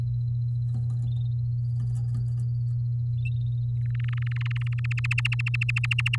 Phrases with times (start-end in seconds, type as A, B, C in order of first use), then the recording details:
3.95-4.86 A, 4.91-6.16 B. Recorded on 10 May 2018 at 15:45. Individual llb16